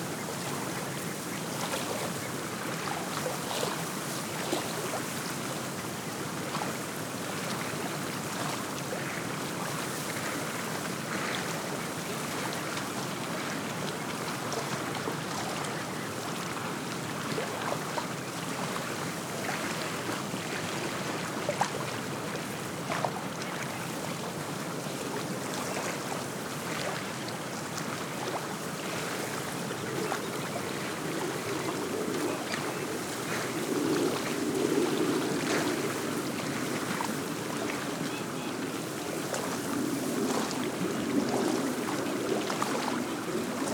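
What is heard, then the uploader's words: Small wind waves lap steadily against a tule-lined shore, a dense, unbroken wash of soft splashes with frequent small clicks and slaps. A breeze through bare branches and dry grasses adds a hushed rustle, swelling slightly in the low-middle range after about thirty seconds. I recorded this on a breezy winter afternoon beside Big Lake in the northeast corner of Shasta County, California.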